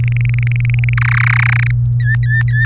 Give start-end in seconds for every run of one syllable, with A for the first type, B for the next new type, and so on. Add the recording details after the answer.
0.00-0.94 A, 0.97-1.71 B, 2.00-2.66 C. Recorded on 24 April 2018 at 16:35. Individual llb3